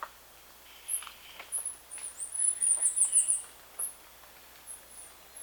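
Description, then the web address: Bird calling with high, sharp chirps that build into a rapid twittering burst midway, then thin out to a few spaced notes. "BIRD 2015 SABIOD"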